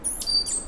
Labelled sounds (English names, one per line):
Stitchbird song